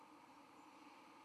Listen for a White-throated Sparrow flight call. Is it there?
no